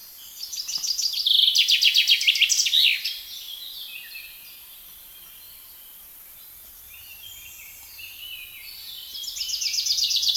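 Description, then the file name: Common chaffinch singing: one loud cascading trill with a final flourish, a quiet pause with faint chirps of other birds, then the next song begins. "Fringilla coelebs"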